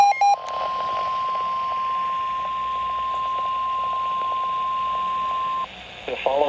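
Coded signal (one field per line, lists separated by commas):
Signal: Emergency Alert System (SAME) tones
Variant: 1050 Hz attention tone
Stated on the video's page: Coastal flood warnings received off NOAA weather radio on a WR-120 receiver.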